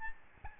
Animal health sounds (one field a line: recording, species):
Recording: mosquito wingbeat signal from an infrared sensor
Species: Aedes albopictus